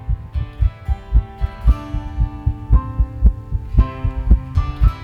That sound is the heartbeat of our son. He put it to music.